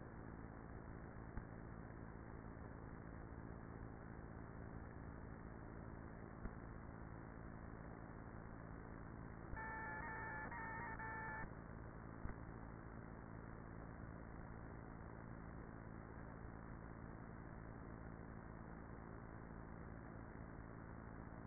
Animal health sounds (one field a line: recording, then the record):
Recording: honeybee colony, microphone inside the hive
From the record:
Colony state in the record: queenless with a low population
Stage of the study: after two queens were removed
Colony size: about 30,000 bees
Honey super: no